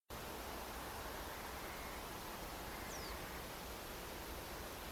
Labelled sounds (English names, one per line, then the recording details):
Reed Bunting
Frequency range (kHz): Reed Bunting 4.4-7.7 kHz
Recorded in France